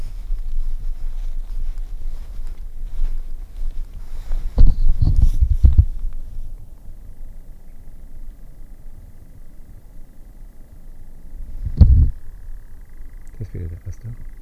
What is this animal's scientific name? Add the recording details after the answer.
Caprimulgus europaeus. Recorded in the wild. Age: adult. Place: Schönow, Naturpark Barnim, Brandenburg, DE. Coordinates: 52.6889, 13.5144. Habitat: heathland. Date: 2007-07-08 23:30. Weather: heiter, 13°C, fast windstill. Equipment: Sound Devices 702, Sennheiser MKH 416 T, Windkorb. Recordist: Frommolt, Karl-Heinz